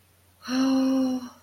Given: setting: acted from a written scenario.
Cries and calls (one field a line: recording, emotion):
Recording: vocal sound without words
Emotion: shame